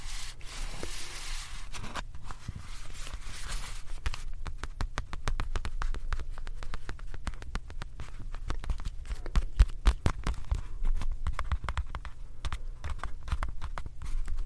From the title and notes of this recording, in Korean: ASMR 클리오 퍼프 , 파우치 소리 가득.